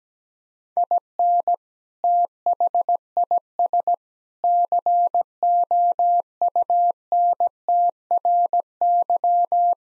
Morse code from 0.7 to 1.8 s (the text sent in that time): IN